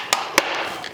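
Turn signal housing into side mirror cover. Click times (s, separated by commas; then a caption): 0.4 s. A plastic Morimoto XB turn signal housing is pushed further into the side mirror cover of a Toyota Tacoma until it snaps in. A sharp, bright click sounds at 0.4 s as the signal housing seats home, after a softer tap near 0.1 s.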